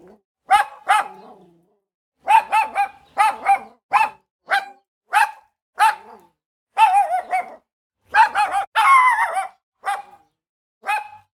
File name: Dog Small Barking Angrily Medium Close Cuba